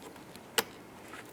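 The red plastic connector position assurance tab on the active grille shutter harness connector of a 2011-2018 Ram 1500 is pressed in to lock it. A single sharp, bright click at 0.6 s stands well above the quiet background, with only faint ticks elsewhere, and the locking tab snaps shut, locking the connector.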